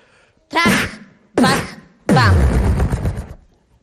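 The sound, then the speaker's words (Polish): Three loud explosion sound effects, apparently made by a voice: two short booming bursts, then a longer rumbling blast, each starting sharply with a downward-sliding tone before trailing off. “Skąd więc wybuch?”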